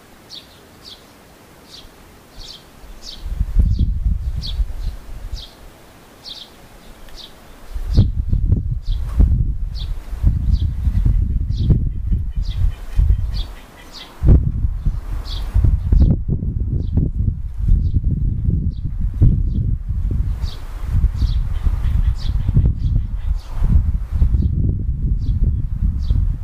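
A bird repeats a short, bright chirp at a steady pace, roughly one every second, through the whole stretch. From about four seconds on, low rustling and thumping bursts come in and out, growing almost continuous after fourteen seconds and partly covering the calls.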